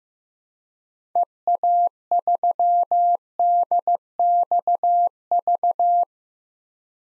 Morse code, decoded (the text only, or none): EA3DXV